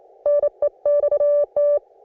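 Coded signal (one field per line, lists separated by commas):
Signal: Morse code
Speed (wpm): 24 wpm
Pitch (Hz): 580 Hz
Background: none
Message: NEXT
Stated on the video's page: On-the-air CW practice received on an Icom IC-718, including a station on a new 80m antenna and code messages from a Sunday morning group.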